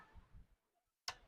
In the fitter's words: จุ่นปุ่มสีแดงอ่ะกดปุ่มแล้วก็ดึงให้มันังแก๊ก